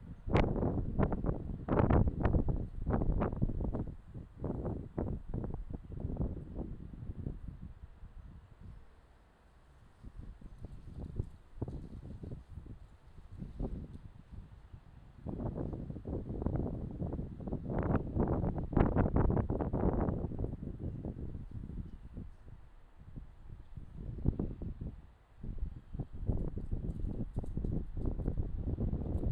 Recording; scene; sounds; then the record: everyday scene through a hearing-aid microphone; wind on the microphone; squally wind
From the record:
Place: parking lot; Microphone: in the ear canal, left